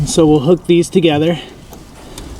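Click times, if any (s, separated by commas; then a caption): 2.2 s. A male MC4 connector from one solar panel is pushed into the female MC4 connector of another to wire the two panels in series. Someone talks over the first second and a half, then a quiet faint tap comes at about 1.7 s before a sharp latching click at 2.2 s as the connector pair seats together.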